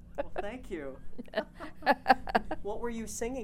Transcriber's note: they laugh